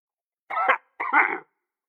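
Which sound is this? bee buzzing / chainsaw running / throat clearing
throat clearing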